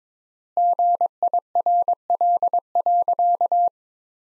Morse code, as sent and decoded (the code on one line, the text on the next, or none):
--. .. .-. .-.. .-.-.-
GIRL.